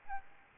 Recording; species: mosquito wingbeat signal from an infrared sensor; Aedes albopictus